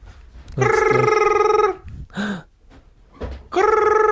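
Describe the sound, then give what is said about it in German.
A telephone rings in two loud, steady bursts of a bright harmonic tone, separated by a pause with a brief low vocal sound, the second ring starting after a short silence. “Also, John Boy, geh doch ans Telefon.”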